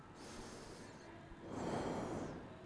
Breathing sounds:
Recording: one breath in and out by a microphone near the nose and mouth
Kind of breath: normal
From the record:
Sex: male

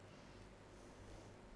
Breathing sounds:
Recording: one breath in and out by a microphone near the nose and mouth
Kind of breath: normal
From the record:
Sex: female

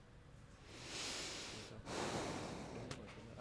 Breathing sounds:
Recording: one breath in and out by a microphone near the nose and mouth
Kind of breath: deep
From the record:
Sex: male

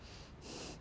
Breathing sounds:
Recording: one breath in and out by a microphone near the nose and mouth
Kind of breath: strong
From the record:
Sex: male

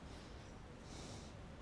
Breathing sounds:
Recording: one breath in and out by a microphone near the nose and mouth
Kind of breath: normal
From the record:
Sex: male

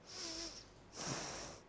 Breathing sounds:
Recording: one breath in and out by a microphone near the nose and mouth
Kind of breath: deep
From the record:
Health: marked as sick, illness not named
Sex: female

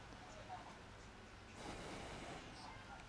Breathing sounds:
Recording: one breath in and out by a microphone near the nose and mouth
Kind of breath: deep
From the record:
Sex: male

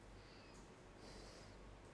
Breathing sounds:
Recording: one breath in and out by a microphone near the nose and mouth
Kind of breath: normal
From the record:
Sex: male

